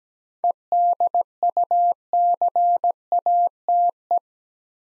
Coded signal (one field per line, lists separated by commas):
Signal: Morse code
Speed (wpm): 17 wpm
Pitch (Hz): 700 Hz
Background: none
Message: EDUCATE